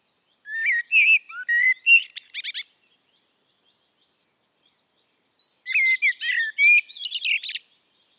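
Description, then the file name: Eurasian blackbird song: fluty warbled notes topped by a rapid squeaky flourish, a pause, then a thin descending glide leading into another whistled, twittering phrase. "Turdus merula"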